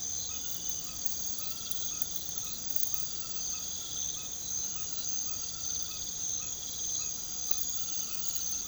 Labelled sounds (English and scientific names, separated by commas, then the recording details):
none
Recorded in pastures near Puerto Asís, Putumayo, Colombia, on 8 March 2025 at 22:30
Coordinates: 0.486, -76.323
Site G075